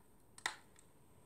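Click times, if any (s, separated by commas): 0.4 s, 0.5 s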